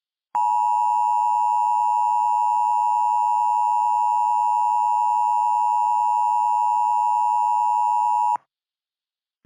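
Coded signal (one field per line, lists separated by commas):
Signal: Emergency Alert System (SAME) tones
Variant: 853 and 960 Hz attention tone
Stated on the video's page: Fictional EAS scenario about an asteroid impact near the West Coast.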